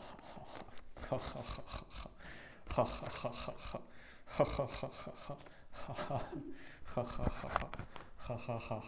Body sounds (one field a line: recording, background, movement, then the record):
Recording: laughter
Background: quiet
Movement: sitting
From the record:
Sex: male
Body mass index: 23.7 kg/m2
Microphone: on the chest, facing outward